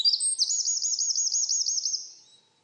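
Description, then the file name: Eurasian wren song ending, a loud, very high, rapid trill of looping notes lasting about two seconds before fading out. "Troglodytes troglodytes"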